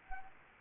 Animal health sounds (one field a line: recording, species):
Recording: mosquito wingbeat signal from an infrared sensor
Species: Anopheles gambiae